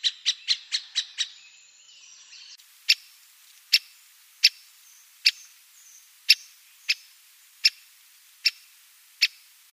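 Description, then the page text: Great spotted woodpecker giving sharp, abrupt 'kik' calls, first a quick run of about six, then single notes spaced roughly a second apart. Calls; recorded in Burgundy, France. "Pic épeiche Dendrocopos major Tambourinage et cris"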